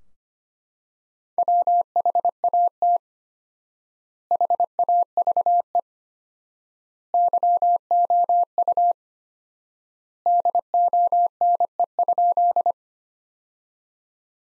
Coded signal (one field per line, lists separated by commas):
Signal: Morse code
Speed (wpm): 25 wpm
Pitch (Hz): 700 Hz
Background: none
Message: WHAT HAVE YOU DONE?